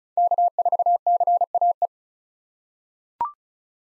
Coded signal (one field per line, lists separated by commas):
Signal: Morse code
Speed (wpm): 36 wpm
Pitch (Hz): 700 Hz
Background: none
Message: K4CAE